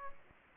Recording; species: mosquito wingbeat signal from an infrared sensor; Aedes aegypti